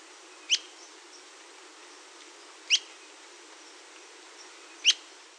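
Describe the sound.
Ferruginous antbird calls: three short, sharp, high notes spaced about two seconds apart against a quiet background hiss.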